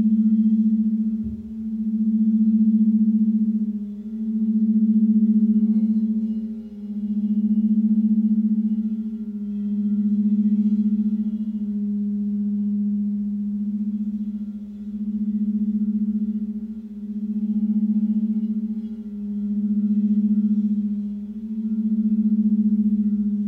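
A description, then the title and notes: A crystal bowl sings one steady low tone for the whole stretch, swelling and dipping in a slow, regular pulse roughly every two seconds. A faint higher overtone hums above it, and a soft knock is heard near the start. The frequencies from the crystal bowls, gong & chimes that are played in this offering.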